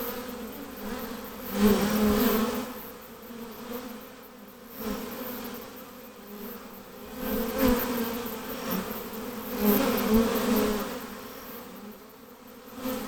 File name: Honey Bees Buzzing